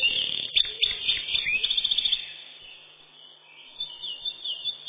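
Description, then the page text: Eurasian wren song: a rapid, dense run of high chirps and trills for about two seconds, then fading to faint scattered notes with a brief renewed flurry near the end. "Крапивник, или подкоренник, орешек (лат. Troglodytes troglodytes)"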